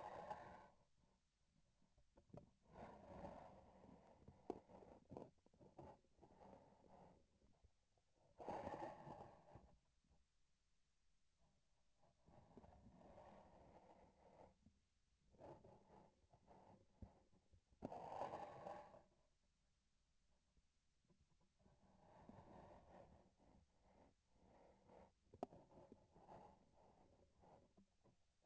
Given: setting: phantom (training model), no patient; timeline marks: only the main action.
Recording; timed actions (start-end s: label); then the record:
laparoscopic instrument, vibration sensor on the handle end
5.47-7.77 s: palpation
15.26-17.50 s: palpation
25.23-27.87 s: palpation
From the record:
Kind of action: gesture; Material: synthetic tissue